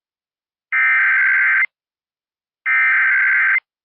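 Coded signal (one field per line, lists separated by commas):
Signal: Emergency Alert System (SAME) tones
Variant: header bursts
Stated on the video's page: Child abduction alert tones captured from a radio connected to a computer.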